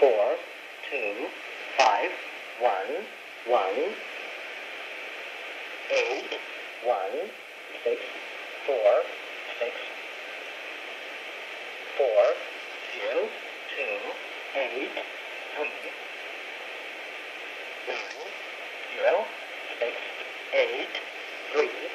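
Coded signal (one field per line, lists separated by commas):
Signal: numbers station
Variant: E07, English male voice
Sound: male voice reading single digits in English, evenly spaced, over shortwave hiss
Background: radio static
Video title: Numbers Station E07 11540 khz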